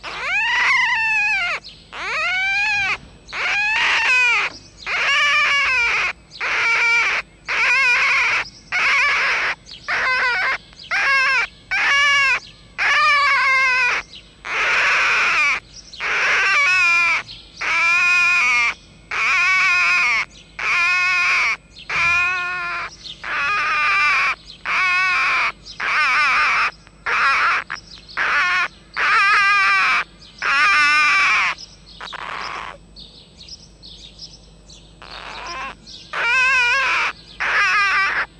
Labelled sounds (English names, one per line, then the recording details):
Red Fox
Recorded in captivity
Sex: male
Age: juvenile
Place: Zoologisches Institut der HUB, Berlin, DE
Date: 1956-05-02 13:15
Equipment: Elmetra
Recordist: Tembrock, Günter
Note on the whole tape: Molly-Welpen. Männchen: Quärren, Crescendo abgesetzt, Tremolo (im Freien)